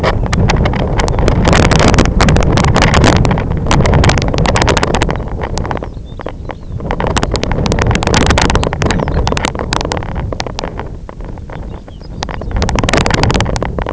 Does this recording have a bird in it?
yes